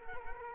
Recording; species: mosquito wingbeat signal from an infrared sensor; Culex quinquefasciatus